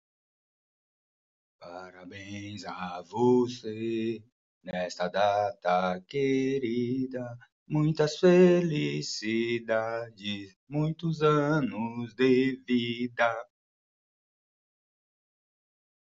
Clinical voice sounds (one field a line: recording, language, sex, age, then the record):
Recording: short text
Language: Brazilian Portuguese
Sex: male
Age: 50 to 59 years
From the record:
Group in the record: control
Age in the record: 57 years